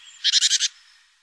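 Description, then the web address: Great tit giving a single short, harsh churr of about five quick buzzy pulses. "Mesange charbonniere"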